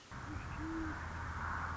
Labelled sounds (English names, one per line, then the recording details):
Great Horned Owl
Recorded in Sonoma County, California